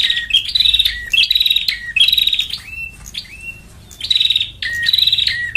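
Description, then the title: Lovebird calls, loud buzzy chattering phrases with downslurred squeaks, a quieter lull midway, then the chatter resumes. Lure call for trapping lovebirds (pikat). "PIKAT BURUNG LOVEBIRD"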